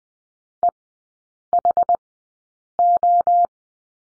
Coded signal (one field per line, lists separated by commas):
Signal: Morse code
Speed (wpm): 19 wpm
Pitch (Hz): 700 Hz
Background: none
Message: EHO